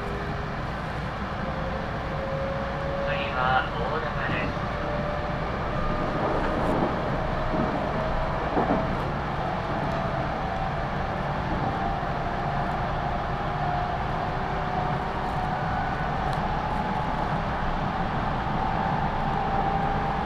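A Tokaido Line local train runs steadily, with a constant low rumble and a motor tone that slowly rises in pitch throughout, as if accelerating. Brief voices or chimes appear around four seconds, and faint clicks and knocks recur across the ride.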